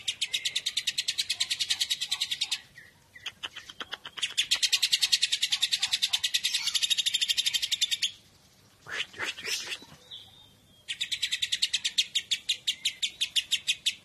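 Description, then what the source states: Lovebird chattering in rapid, high, buzzy pulse trains lasting several seconds, broken by pauses. Lovebird whose call style is described as "konslet".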